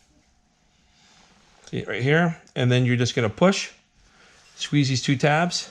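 A wiper blade is lined up with the hole on the wiper arm of a Mini Countryman and positioned before its two tabs are squeezed and pushed home. Someone talks over faint handling noise. Nothing has clicked or seated yet.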